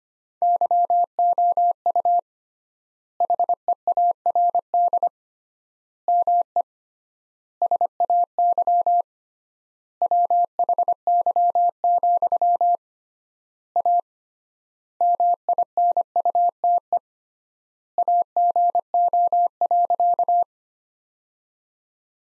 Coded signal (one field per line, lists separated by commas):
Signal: Morse code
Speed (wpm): 25 wpm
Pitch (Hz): 700 Hz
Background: none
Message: YOU HEARD ME SAY WHY, A MINUTE AGO.